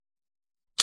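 Someone presses the front latch on a vintage folding bellows instant camera, releasing its front door. Near-silence gives way to a single sharp, broadband click at 0.8 s as the door springs open.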